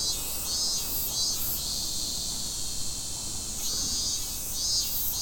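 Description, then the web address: Cicada song, a dense high buzz swelling in pulsed bursts at the start and again near the end. Recorded in Fukushima on 30 July 2015. "fukudai fu cicadda"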